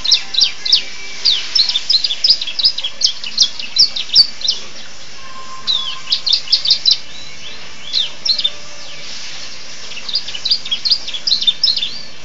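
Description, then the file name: Atlantic canary song: irregular bursts of high, sharp chirps and twitters separated by short pauses. Canary singing in the style of the bar-winged prinia, known locally as 'rasa ciblek'. "kenari rasa ciblek om kicau dot"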